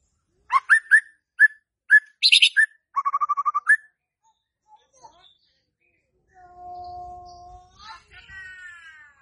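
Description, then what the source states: White-rumped shama song: sharp separate whistled notes and a quick buzzy trill. Lure for a stressed murai batu (shama) that has stopped singing (stres, macet).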